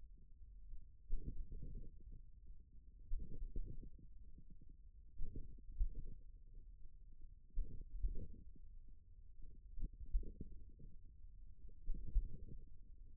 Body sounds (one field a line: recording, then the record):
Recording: forearm muscle sounds (acoustic myography)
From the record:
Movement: finger pinch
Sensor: system 1, eight BSWA MPA416 microphones around the upper forearm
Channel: 6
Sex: male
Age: 41 years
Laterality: right